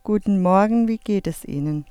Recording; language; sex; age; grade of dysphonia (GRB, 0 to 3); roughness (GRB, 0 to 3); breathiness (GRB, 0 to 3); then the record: spoken sentence; German; female; 50 to 59 years; 1; 1; 0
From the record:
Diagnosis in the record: hyperfunctional dysphonia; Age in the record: 52 years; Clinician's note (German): Leichte Form